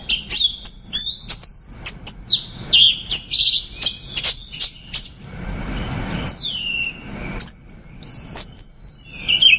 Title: Anis Merah